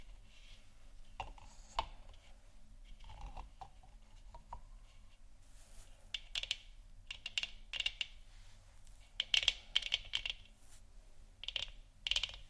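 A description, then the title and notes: Dry scratching and tapping, sparse at first then clustering into quick bursts of bright clicks after six seconds. ASMR Moon Scratching & Tapping For Sleep（No Talking）.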